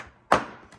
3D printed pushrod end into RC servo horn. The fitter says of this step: to push it in and it snaps into place